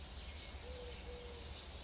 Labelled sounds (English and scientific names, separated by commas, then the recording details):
Eurasian Collared Dove (Streptopelia decaocto)
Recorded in Sonoma County, California